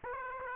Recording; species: mosquito wingbeat signal from an infrared sensor; Aedes aegypti